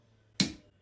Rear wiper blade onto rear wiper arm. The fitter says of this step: You just heard it click.